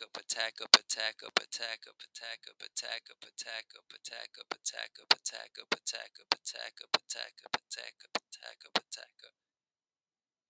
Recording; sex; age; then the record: repeated syllables /pa ta ka/; male; 20 to 29 years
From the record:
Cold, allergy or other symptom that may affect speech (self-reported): no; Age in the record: 28 years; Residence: New York, United States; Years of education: 16